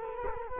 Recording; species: mosquito wingbeat signal from an infrared sensor; Culex quinquefasciatus